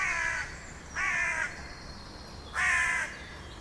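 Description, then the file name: Carrion crow uttering three rasping caws, each about half a second long, with short gaps between them and faint background noise. "Corvus corone"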